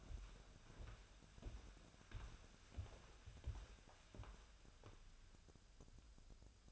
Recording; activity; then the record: daily activity, microphone in the room; walk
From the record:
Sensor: 2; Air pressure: 1015.2 hPa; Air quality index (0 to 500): 114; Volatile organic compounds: 3 ppm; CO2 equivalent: 1447 ppm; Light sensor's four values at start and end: 8/22/8/9 and 11/30/11/13